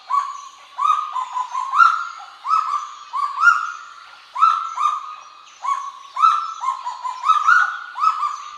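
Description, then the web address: Kagu giving clear, ringing notes that rise abruptly and level off, delivered in clustered bursts with short pauses between groups. "sound Kagu. صدای-پرنده-کاگو"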